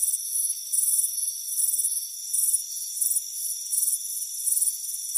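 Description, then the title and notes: High, pulsing cricket chirps come in steady bursts with brief gaps, backed by a constant shrill insect tone. Warm afternoon on a front porch. "Soothing Crickets Chirping Sound. It's a warm afternoon as you relax in a hammock on the front porch. Relax and fall asleep to the soothing sound of chirping crickets. Deep Sleep Sounds"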